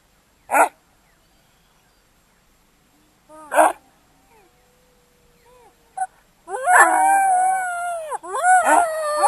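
Ethiopian wolf calls: a few sharp isolated yelps and a thin whine, then a burst of wavering howls.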